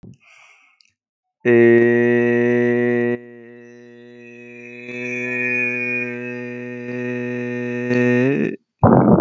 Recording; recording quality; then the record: sustained vowel as in made; excellent, no background noise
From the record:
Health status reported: healthy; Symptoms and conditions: none ticked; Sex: male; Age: 21 years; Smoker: not ticked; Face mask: not worn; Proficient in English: no